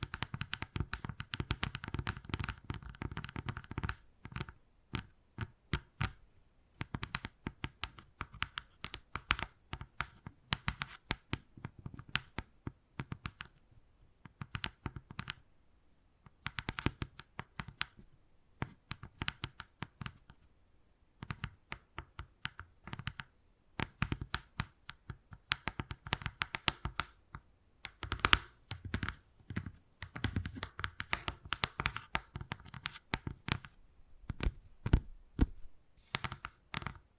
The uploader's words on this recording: ASMR Addictive Wood Carving, Tapping and Scratching Sounds (No Talking).